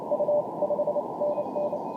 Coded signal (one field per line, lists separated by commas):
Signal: Morse code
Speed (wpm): 28 wpm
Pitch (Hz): 590 Hz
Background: radio noise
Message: U 5NN